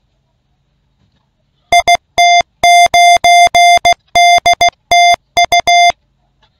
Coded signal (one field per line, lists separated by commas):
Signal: Morse code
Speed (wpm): 16 wpm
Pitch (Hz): 700 Hz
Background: music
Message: IT9DTU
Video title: nachalo RUFZ 22